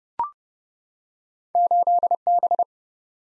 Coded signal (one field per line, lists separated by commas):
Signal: Morse code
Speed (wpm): 31 wpm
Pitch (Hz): 700 Hz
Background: none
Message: 8B